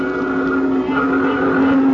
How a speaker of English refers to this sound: I was walking down the street. And the traffic was something terrible.